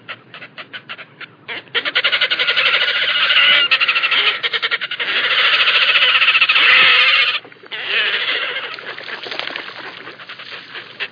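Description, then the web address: Red-necked grebe braying: a long, rapid, pulsed squealing chatter that swells and runs for several seconds, breaks briefly, then resumes more softly. "allan-kierulff -Gråstrubet-Lappedykker"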